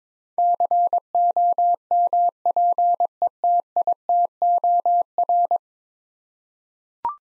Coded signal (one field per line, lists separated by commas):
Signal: Morse code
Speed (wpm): 22 wpm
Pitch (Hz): 700 Hz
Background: none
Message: COMPETITOR